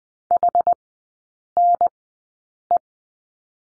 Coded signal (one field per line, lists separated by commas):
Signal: Morse code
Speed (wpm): 20 wpm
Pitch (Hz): 700 Hz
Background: none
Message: HNE